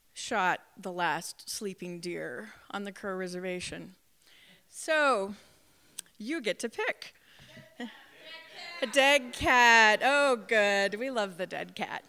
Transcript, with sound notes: Shot the Last Sleeping Deer on the Crow Reservation”. So, you get to pick! [AUDIENCE SHOUTING SUGGESTIONS] “The Dead Cat”, oh good. We love the dead cat!